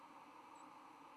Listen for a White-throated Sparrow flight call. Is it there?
no